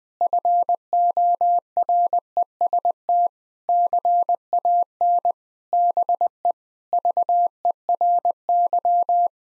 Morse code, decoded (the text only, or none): FOREST CAN BE VERY